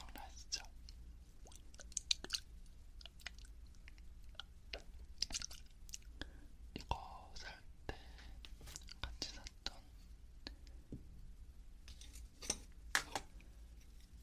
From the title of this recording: ear cleaning ear touching sound